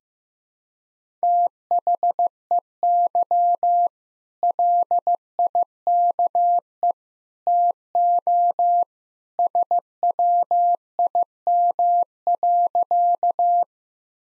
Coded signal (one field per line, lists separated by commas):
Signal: Morse code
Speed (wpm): 15 wpm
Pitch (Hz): 700 Hz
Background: none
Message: THEY LIKE TO SWIM.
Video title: Easy Sentences with Hints - 15wpm